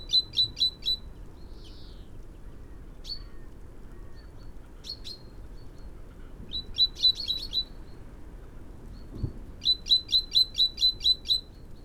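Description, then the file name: Great tit giving bursts of rapid, sharp high chirps, three to eight notes each, separated by pauses and a few softer single notes. "Parus major"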